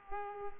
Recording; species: mosquito wingbeat signal from an infrared sensor; Culex pipiens